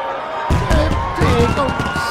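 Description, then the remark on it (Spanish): A loud crowd at the Estadio Centenario on 15 April 2012 breaks into shouting after a short quiet moment, many voices overlapping in a dense, steady roar with a few higher cries rising above the din. “Hay un griterío, una cosita de nada.”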